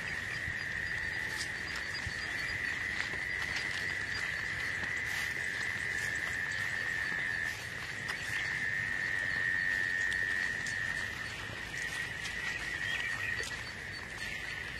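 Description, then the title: Insect song: a steady, unbroken high buzzing trill held throughout, dipping slightly in loudness midway, with faint ticks and clicks in the background. "你听过虫子的歌唱吗？"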